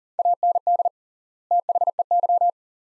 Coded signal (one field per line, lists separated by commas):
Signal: Morse code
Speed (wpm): 40 wpm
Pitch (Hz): 700 Hz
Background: none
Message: AND THEY